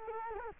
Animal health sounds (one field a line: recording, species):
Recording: mosquito wingbeat signal from an infrared sensor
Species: Culex quinquefasciatus